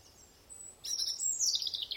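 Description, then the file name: European robin song: a faint thin high whistle, then a brief burst of sharp, tumbling notes that slide downward in pitch. "Erithacus rubecula"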